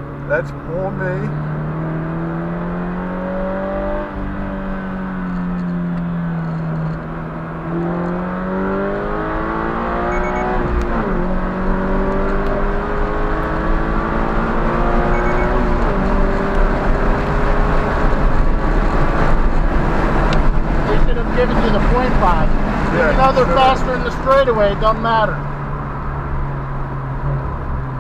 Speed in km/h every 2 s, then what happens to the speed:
61, 76, 66, 68, 90, 105, 118, 134, 147, 155, 148, 121, 98, 90.
0-18 speeds up to 155. 18-28 brakes to 90.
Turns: none.